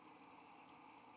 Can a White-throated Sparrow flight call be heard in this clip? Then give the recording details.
no. No flight call is heard. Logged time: 02:45 on 5 December 2014